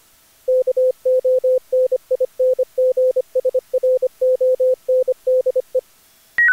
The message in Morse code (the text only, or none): KONINGSRONDE